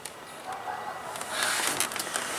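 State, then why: Stripped. A target bolt on the weatherstrip retainer in the A/B pillar of a maroon 1988 Corvette is being tightened, and it spins without tightening because it has stripped out. The clip has a soft, bright hiss that grows into a busier scraping rattle, with brief sharp ticks at about 1.8 and 2.2 seconds. Nothing seats or clicks into place.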